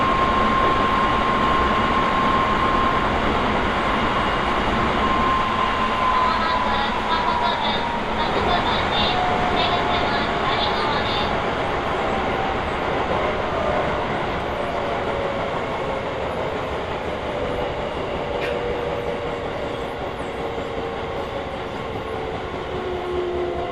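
Inside a train running from Higashi-Matsudo to Ningyocho on the Hokuso Railway and Toei Asakusa Line, a dense, steady rumble fills the whole stretch. A thin motor whine glides downward near the start and again later, with a brief bright click around eighteen seconds.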